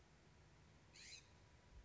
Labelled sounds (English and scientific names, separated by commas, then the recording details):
California Scrub-Jay (Aphelocoma californica)
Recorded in Sonoma County, California